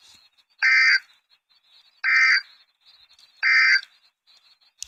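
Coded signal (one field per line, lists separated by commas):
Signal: Emergency Alert System (SAME) tones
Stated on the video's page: Severe thunderstorm and tornado warnings for Arkansas received from NOAA weather radio station.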